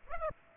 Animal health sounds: mosquito wingbeat signal from an infrared sensor; Aedes aegypti

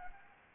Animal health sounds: mosquito wingbeat signal from an infrared sensor; Anopheles gambiae

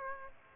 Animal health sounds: mosquito wingbeat signal from an infrared sensor; Aedes aegypti

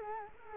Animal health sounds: mosquito wingbeat signal from an infrared sensor; Culex quinquefasciatus

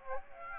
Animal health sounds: mosquito wingbeat signal from an infrared sensor; Aedes aegypti

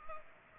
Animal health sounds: mosquito wingbeat signal from an infrared sensor; Culex pipiens

